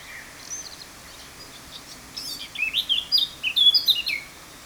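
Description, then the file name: Eurasian blackcap singing: a few quiet high notes, then a rich burst of fast, fluty, warbling phrases that rise and fall, over a soft hiss. "Sylvia atricapilla"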